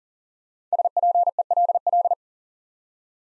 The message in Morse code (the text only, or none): SPELL